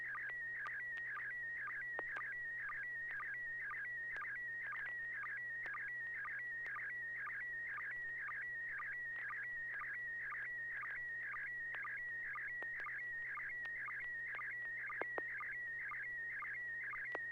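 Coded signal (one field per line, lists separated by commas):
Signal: SSTV (slow-scan television)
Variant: PD120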